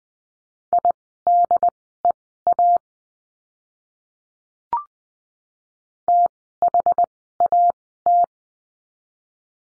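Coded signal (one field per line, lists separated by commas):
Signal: Morse code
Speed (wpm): 20 wpm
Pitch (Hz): 700 Hz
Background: none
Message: IDEA THAT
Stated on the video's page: Morse code course lesson on the letter M, words sent at Farnsworth speed 20/10 wpm.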